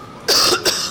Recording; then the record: coughing mixed with background sound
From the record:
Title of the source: November cold (wet coughing)